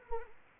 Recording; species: mosquito wingbeat signal from an infrared sensor; Anopheles arabiensis